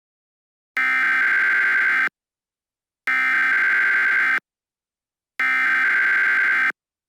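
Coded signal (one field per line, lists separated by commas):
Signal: Emergency Alert System (SAME) tones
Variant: header bursts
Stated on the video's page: Fictional EAS scenario with tones that may or may not be valid; events are not real.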